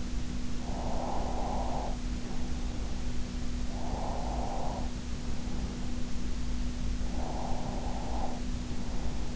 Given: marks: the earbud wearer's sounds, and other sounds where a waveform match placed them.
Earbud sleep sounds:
sounds in sleep by an in-ear microphone; breath
0.56-2.72 s: breath
3.64-5.69 s: breath
7.05-9.36 s: breath

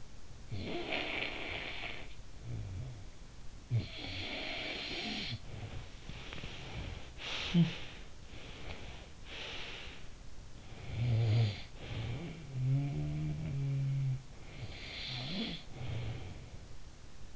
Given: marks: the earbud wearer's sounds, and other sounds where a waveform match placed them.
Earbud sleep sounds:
sounds in sleep by an in-ear microphone; snoring breath, talking in sleep, breath
0.03-7.01 s: snoring breath
7.17-7.97 s: talking in sleep
7.97-10.49 s: breath
10.49-16.95 s: snoring breath

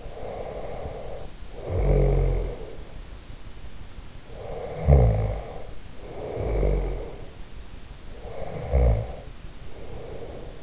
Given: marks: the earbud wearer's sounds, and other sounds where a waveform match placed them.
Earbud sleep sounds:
sounds in sleep by an in-ear microphone; snoring breath, breath
0.00-2.86 s: snoring breath
4.32-7.23 s: snoring breath
8.17-10.63 s: breath

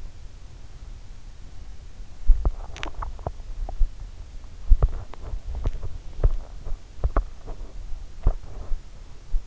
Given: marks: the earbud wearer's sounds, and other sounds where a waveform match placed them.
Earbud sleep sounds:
sounds in sleep by an in-ear microphone; swallowing, teeth grinding
1.79-3.93 s: swallowing
3.79-9.47 s: teeth grinding

